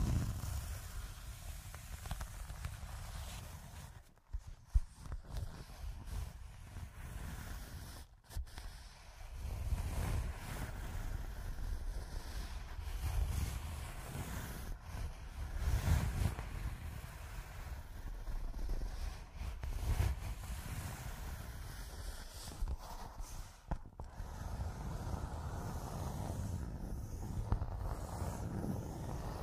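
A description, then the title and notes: Continuous scratching with a heavy, rumbling low end and a rough, rushing hiss above it, shifting in loudness throughout. Brief dropouts to near silence break it around 4, 8 and 24 seconds, and a few sharp clicks stand out, the sound resembling wind buffeting a microphone. Pure Scratching.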